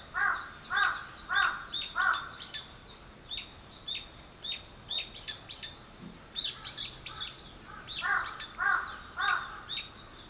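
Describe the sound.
Bird calls: rhythmic high chirps with lower tones under them, repeated in quick groups, amid steady high twittering.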